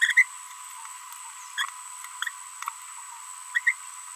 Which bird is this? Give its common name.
Green-rumped Parrotlet